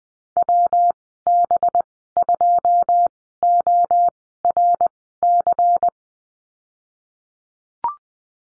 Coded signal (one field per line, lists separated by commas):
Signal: Morse code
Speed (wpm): 19 wpm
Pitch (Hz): 700 Hz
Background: none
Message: WB2ORC